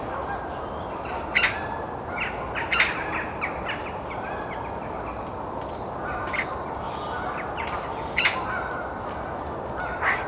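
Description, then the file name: Eurasian magpie harsh chack notes, scattered and uneven, mixed with fainter short bird notes and a steady background hiss. "Pica pica"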